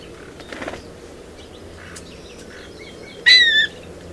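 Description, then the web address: Blue mockingbird giving a single slightly descending call lasting about a third of a second, with faint chirps and light background noise before it. "Mimids Blue Mockingbird calls"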